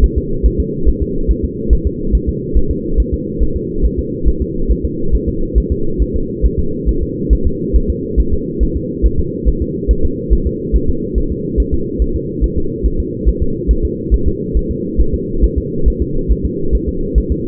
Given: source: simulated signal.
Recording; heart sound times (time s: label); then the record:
fetal heart sounds
0.04 s: S1
0.18 s: S2
0.46 s: S1
0.60 s: S2
0.89 s: S1
1.02 s: S2
1.31 s: S1
1.45 s: S2
1.73 s: S1
1.87 s: S2
2.15 s: S1
2.29 s: S2
2.57 s: S1
2.71 s: S2
3.00 s: S1
3.14 s: S2
3.43 s: S1
3.56 s: S2
3.85 s: S1
3.99 s: S2
4.28 s: S1
4.42 s: S2
4.71 s: S1
4.85 s: S2
5.15 s: S1
5.29 s: S2
5.58 s: S1
5.72 s: S2
6.02 s: S1
6.16 s: S2
6.46 s: S1
6.59 s: S2
6.89 s: S1
7.03 s: S2
7.33 s: S1
7.47 s: S2
7.76 s: S1
7.90 s: S2
8.20 s: S1
8.34 s: S2
8.63 s: S1
8.77 s: S2
9.06 s: S1
9.20 s: S2
9.48 s: S1
9.62 s: S2
9.91 s: S1
10.05 s: S2
10.33 s: S1
10.47 s: S2
10.76 s: S1
10.89 s: S2
11.18 s: S1
11.32 s: S2
11.60 s: S1
11.74 s: S2
12.02 s: S1
12.16 s: S2
12.44 s: S1
12.58 s: S2
12.86 s: S1
13.00 s: S2
13.29 s: S1
13.42 s: S2
13.71 s: S1
13.85 s: S2
14.14 s: S1
14.28 s: S2
14.57 s: S1
14.71 s: S2
15.01 s: S1
15.14 s: S2
15.44 s: S1
15.58 s: S2
15.88 s: S1
16.02 s: S2
16.32 s: S1
16.45 s: S2
16.75 s: S1
16.89 s: S2
17.18 s: S1
17.32 s: S2
From the record:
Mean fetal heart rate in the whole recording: 140 bpm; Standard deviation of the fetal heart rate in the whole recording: 2 bpm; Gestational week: 34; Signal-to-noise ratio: -8.1 dB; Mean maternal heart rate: 72 bpm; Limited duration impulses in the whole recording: absent